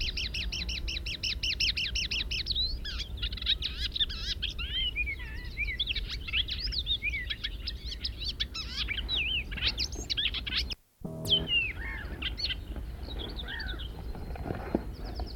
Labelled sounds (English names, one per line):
Marsh Warbler song